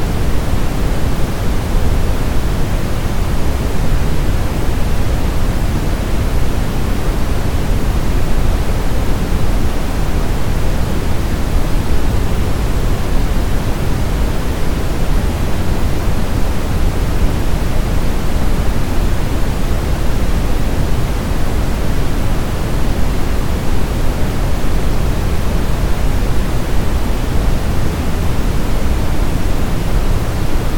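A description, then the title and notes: Brown noise runs unbroken for the full half minute, a dense, even rush weighted heavily toward the low end, with a deep rumble under a softer hiss. Loudness holds perfectly level, with no events, gaps or other sounds. Brown Noise Sound.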